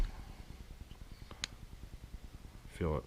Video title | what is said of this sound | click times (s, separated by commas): Mercedes-Benz AMG paddle shifters powder coated and assembly disassembly how to | really kind of clicks into place even with that powder coating on there it clicks right into place so it's great | 1.4 s